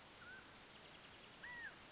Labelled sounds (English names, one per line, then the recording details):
California Quail
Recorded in Sonoma County, California